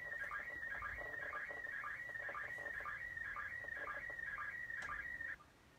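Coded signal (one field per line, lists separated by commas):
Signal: SSTV (slow-scan television)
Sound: warbling, buzzy tone around 2 kHz with a regular chirping dip, in hiss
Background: radio static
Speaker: a été redressée automatiquement par le programme là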